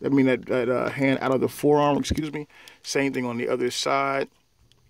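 Someone talks while handling a Takara MP21R Bumble Bee Red plastic transforming robot figure, pushing the toy robot's hand out of the forearm so it will lock, then doing the same on the other side. The hand has not seated or clicked into the forearm yet.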